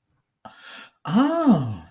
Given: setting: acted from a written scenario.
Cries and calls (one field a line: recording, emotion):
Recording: vocal sound without words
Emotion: realization